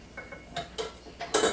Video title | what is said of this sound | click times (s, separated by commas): Iyesha's Brookies | you're going to put this in like so make sure you here and lock and then | 1.4 s